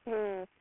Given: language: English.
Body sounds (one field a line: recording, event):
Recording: throat vibration sensor signal played as sound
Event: speech